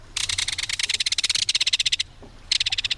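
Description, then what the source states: Belted kingfisher rattle, a loud dry metallic series of rapid clicks in a long burst, then a second burst after a brief pause. Call given as the kingfisher flies overhead; a reverberating metallic call heard along streams and waterways.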